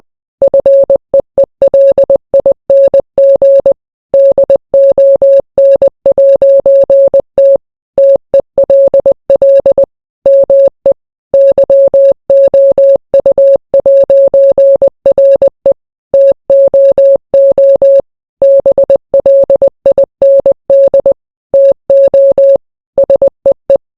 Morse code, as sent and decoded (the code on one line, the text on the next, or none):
..-. . . .-.. .. -. --. / -.. --- -. .----. - / - . .-.. .-.. / -- . / -.-- --- ..- .----. .-. . / - --- --- / -... .-.. .. -. -.. / - --- / ... . .
FEELING DON'T TELL ME YOU'RE TOO BLIND TO SEE